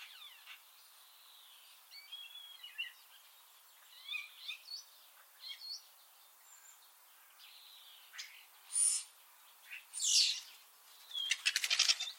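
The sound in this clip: Common starling calls: a varied run of high chatter, short whistles and buzzy notes, ending in louder harsh bursts and a rapid rattle.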